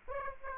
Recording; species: mosquito wingbeat signal from an infrared sensor; Aedes aegypti